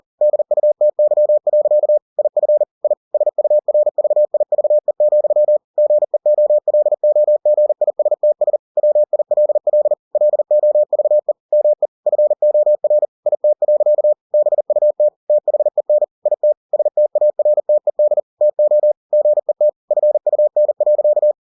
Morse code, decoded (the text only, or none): DUTY. IF I SURVIVE, GEOLOGISTS WILL LOVE ME FOR IT. BUT THEN IT STARTED TO GET FUN.